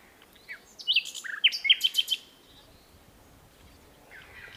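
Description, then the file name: Common nightingale song: a quick phrase of sharp, varied notes running into a series of loud repeated chips, then fading to quiet. "Luscinia megarhynchos"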